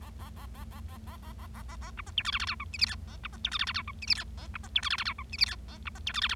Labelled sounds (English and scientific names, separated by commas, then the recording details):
Bengalese Finch (Lonchura striata domestica) song
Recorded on 25 March 2012 at 17:49
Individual gy6or6